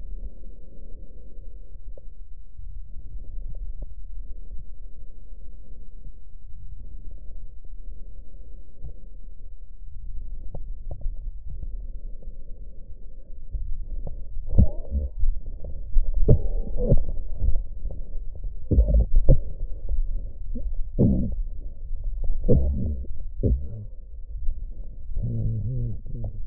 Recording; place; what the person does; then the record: lung sounds by stethoscope; left posterior basal chest; quiet breathing, then cough and speech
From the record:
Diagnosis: pulmonary infection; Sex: male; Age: 69 years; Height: 184 cm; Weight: 115 kg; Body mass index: 34.0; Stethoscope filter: extended mode